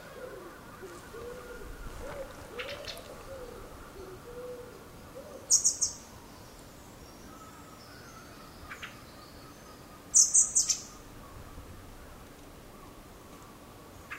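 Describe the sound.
Common blackbird giving two short bursts of thin, very high seep notes about five seconds apart.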